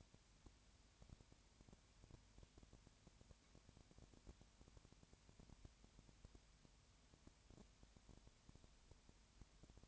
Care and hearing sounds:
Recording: daily activity, microphone in the room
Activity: no activity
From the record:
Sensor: 2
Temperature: 20.4 degrees Celsius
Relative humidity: 35.6%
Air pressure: 1007.1 hPa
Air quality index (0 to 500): 122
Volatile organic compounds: 2 ppm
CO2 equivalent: 1254 ppm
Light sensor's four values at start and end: 2/3/2/2 and 2/3/2/2

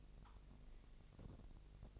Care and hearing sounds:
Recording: daily activity, microphone in the room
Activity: take from stove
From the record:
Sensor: 4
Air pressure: 1000.1 hPa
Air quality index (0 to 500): 227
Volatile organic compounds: 29 ppm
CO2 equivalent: 2925 ppm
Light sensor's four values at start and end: 9/20/8/8 and 9/19/8/7

